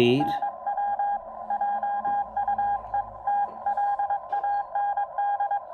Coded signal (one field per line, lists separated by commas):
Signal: Morse code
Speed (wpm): 22 wpm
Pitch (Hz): 810 Hz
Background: speech, radio noise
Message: NW JUETLAND